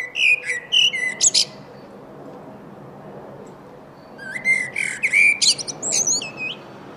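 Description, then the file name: Eurasian blackbird song: two warbled phrases of fluty whistles rising into high squeaky twitters, separated by a pause of a few seconds. "Turdus merula"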